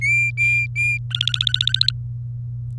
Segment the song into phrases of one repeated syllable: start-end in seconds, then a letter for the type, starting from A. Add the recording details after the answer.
0.01-0.97 A, 1.11-1.92 B. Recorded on 24 April 2018 at 06:00. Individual llb3